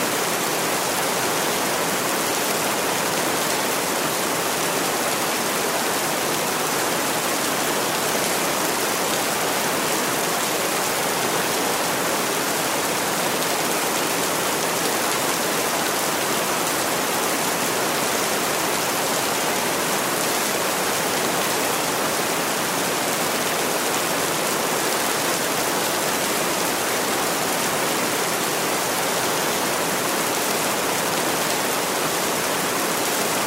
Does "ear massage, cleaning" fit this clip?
no